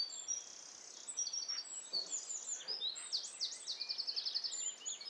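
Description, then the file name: Eurasian wren song of very high, rapid trills and quick looping notes over a steady hissing background. "Troglodytes troglodytes"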